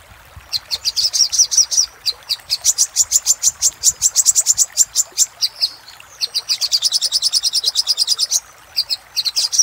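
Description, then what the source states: Little spiderhunter song, a sustained fast series of high notes for about five seconds, a brief break, then another rapid run and scattered single notes. Singing used as a master (masteran) for training cage birds.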